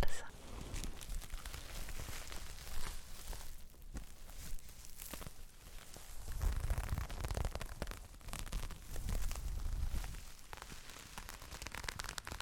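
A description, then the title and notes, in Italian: Different kinds of fabric rustle and rub, a dense run of soft crinkles and brushing strokes with no pause. Heavier, fuller handling swells around the middle and again near ten seconds, adding a low thumping undertone before easing back. Suoni dei tessuti asmr. In questa puntata ti faccio sentire il suono di diverse tipologie di tessuti, ognuno secondo me rilassante.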